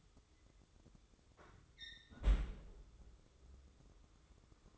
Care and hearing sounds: daily activity, microphone in the room; close fridge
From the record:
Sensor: 3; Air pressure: 995.2 hPa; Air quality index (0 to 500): 79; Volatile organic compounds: 6 ppm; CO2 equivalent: 1869 ppm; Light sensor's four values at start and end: 20/58/25/21 and 20/58/25/21

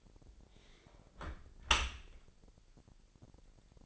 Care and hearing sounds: daily activity, microphone in the room; close dishwasher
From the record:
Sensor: 5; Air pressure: 1000.7 hPa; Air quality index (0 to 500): 247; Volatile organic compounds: 34 ppm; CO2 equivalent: 3043 ppm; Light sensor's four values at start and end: 31/72/28/27 and 31/72/29/27

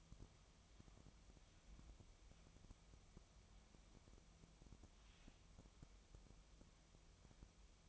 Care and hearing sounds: daily activity, microphone in the room; wipe stove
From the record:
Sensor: 1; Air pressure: 1004.8 hPa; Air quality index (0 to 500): 78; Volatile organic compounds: 2 ppm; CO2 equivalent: 1047 ppm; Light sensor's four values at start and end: 9/23/9/10 and 9/23/9/10

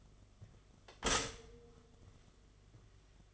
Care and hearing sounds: daily activity, microphone in the room; stop toaster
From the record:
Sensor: 4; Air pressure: 1015.5 hPa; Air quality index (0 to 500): 201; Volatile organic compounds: 10 ppm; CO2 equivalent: 2245 ppm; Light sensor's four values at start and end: 4/9/3/3 and 4/9/3/3

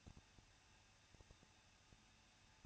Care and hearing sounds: daily activity, microphone in the room; no activity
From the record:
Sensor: 2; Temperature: 21.0 degrees Celsius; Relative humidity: 37.3%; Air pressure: 1006.4 hPa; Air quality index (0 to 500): 220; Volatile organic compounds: 23 ppm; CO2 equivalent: 2777 ppm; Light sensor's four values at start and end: 2/3/2/2 and 2/3/2/2

